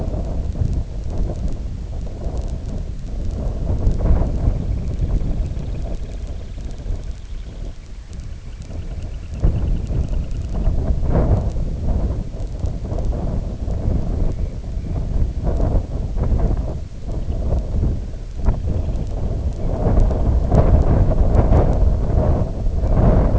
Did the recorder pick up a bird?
yes